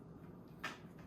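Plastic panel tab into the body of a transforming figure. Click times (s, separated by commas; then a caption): 0.7 s. A folded plastic panel tab is pushed into its slot during the transformation of a large Transformers: War for Cybertron Haslab Unicron action figure. It snaps in with one sharp click at 0.6 s over a low steady background hum, and the tab is seated.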